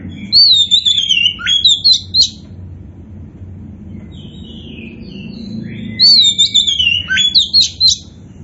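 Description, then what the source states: Oriental magpie-robin delivering two loud whistled phrases, each a descending wavering note followed by quick chipping notes, about five seconds apart. Indonesian variety kacer poci, described as gacor, singing vigorously.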